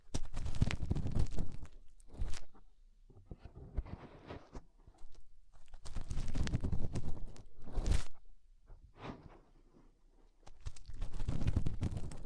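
Fingers rub and press inside an ear, making muffled, crackling rustles with a deep rumbling undertone. The sound comes in uneven bursts, loudest around the start, near 6 to 8 seconds and at the end, separated by brief quieter stretches with faint scratchy clicks.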